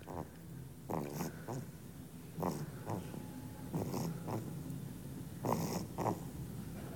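Quiet baby snores, soft enough that silence is needed to hear them, in a regular series of snoring breaths.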